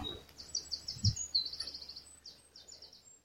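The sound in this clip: Bird calling in high, thin chirps, quick series of short notes in bursts, with a soft low rumble and one dull thump underneath.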